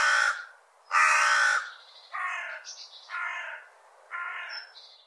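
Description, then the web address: Bird calls: a series of five rough cawing notes roughly once a second, the first two loud and grating, later ones softer, with some faint higher chirps between them. "cianscape birddata Deverinetal 2025 File cleaned normalized Bird"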